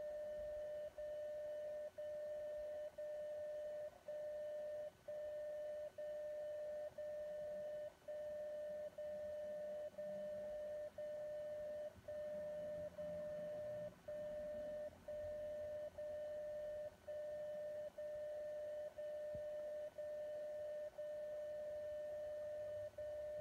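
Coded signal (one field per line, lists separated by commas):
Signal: radio time signal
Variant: DCF77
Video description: Display accurate time and date from the atomic clock at PTB in Braunschweig, transmitted from Frankfurt by DCF77 on 77.5kHz.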